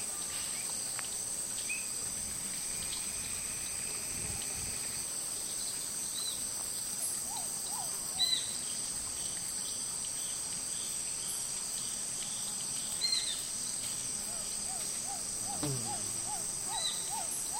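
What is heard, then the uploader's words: A hot afternoon in the Amazon rainforest, filled with a steady, high insect drone that never lets up. Short bird chirps pop in around 8 and 13 seconds, and a quick run of rising calls repeats from about 14 seconds to the end. Hot Afternoon In The Amazon. Slow soundscapes from the Amazon rainforest.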